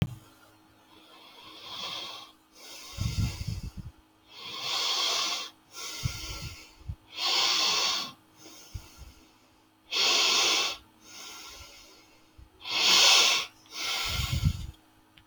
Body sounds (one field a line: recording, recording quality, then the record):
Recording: shallow breathing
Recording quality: excellent, no background noise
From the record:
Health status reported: healthy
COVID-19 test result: not tested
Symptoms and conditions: none ticked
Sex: male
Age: 39 years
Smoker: not ticked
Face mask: not worn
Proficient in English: yes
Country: India